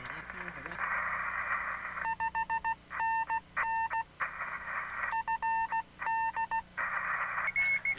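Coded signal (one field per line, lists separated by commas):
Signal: Morse code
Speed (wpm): 16 wpm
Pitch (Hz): 900 Hz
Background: speech, radio noise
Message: 5NN FD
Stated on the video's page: Field Day operation, including a working station using WWII-era equipment.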